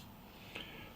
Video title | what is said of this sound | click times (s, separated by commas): Unboxing and Detailed Build of the Snapmaker Artisan 3-in-1 3D Printer Enclosure | So that will need to be connected. It's pretty straightforward. It snaps right in here. | 0.6 s